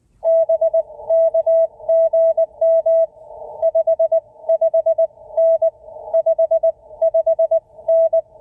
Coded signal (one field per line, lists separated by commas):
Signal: Morse code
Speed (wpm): 19 wpm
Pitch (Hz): 690 Hz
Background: none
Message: BK GM 55N 55N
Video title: CW POTA Activation from Upton Morgan State Forest